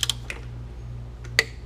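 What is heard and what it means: A click-type torque wrench set to 28 ft-lb tightens a front brake caliper bolt on a 2006 Gen 1 Hayabusa motorcycle until it clicks to show the bolt is tight. A few faint ticks come early over a steady low hum, then the wrench gives one sharp, bright click at 1.4 s, confirming the bolt has reached the set torque.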